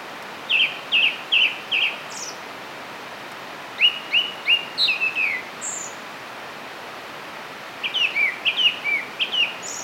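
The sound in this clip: Grey shrikethrush song: three phrases of rapid, ringing whistled notes separated by pauses of about two seconds, with faint higher chirps.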